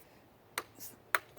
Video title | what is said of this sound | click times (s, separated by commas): Earthwise TC70001 11-Inch 8.5-Amp Electric Tiller-Cultivator #Unboxing & Assembly #NotSponsored | on things they just go right on top they just snap | 0.6 s, 1.2 s